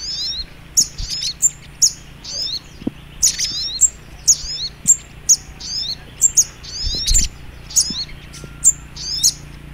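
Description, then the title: Little Spiderhunter song of dense high chirps and zipping slurred notes punctuated by sharp clicks, repeated steadily, with a faint low drone. Training (masteran) recording in the Labaik style. "Masteran Burung Sogok Ontong Labaik"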